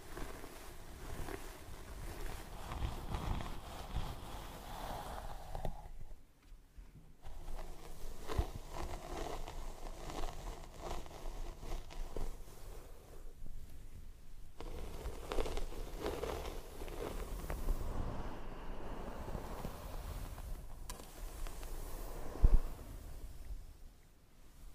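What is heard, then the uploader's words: Scalp massage and hair brushing make continuous rustling, scratchy strokes with brief pauses near 6 and 14 seconds and a sharp tap around 22. Scalp Massage & Hair Brushing.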